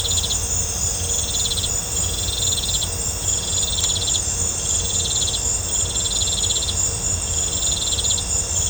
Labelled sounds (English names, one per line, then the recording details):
none
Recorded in pastures near Puerto Asís, Putumayo, Colombia, on 21 December 2024 at 18:30
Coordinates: 0.502, -76.324
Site G077